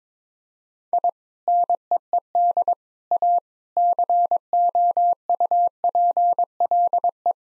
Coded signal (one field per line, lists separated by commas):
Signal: Morse code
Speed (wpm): 23 wpm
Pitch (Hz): 700 Hz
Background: none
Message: I NEED A COUPLE